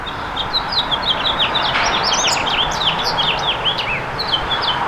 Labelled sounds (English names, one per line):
House Finch song